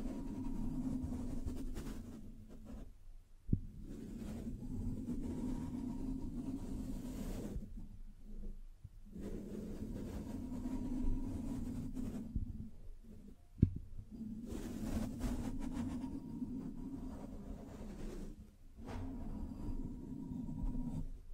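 Scratching and tracing run as long, steady, low rumbling strokes, each lasting several seconds and broken by short pauses around 3, 8, 13 and 18 seconds. Two sharp taps land near 3.5 and 13.5 seconds, with a faint hiss above the grainy rubbing.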